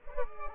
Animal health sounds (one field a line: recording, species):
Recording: mosquito wingbeat signal from an infrared sensor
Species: Culex pipiens